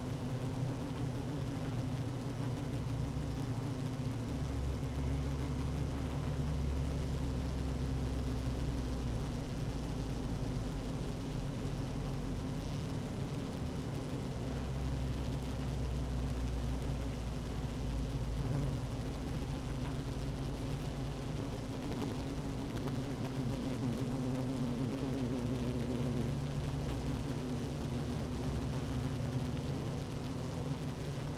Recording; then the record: honeybee colony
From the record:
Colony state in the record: active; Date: 12 June 2018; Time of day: 15:39